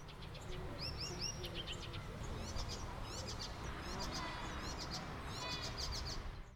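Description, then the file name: Icterine warbler song, quiet and busy, a fast jumble of high twittering, rising sweeps and clicks running without pause over a low background hum. "Hippolais icterina"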